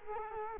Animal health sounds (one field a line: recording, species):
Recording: mosquito wingbeat signal from an infrared sensor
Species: Culex quinquefasciatus